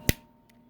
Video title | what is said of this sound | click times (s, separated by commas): Restoring a Rain Bird R-50 Sprinkler With Seal Issues + Unajustable 360° @MikeMac89@TheKillionC | and that'll pop on unless it's loose then you can just stick your sprinkler back on | 0.1 s